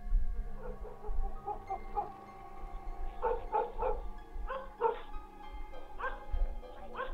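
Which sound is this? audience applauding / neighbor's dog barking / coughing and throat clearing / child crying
neighbor's dog barking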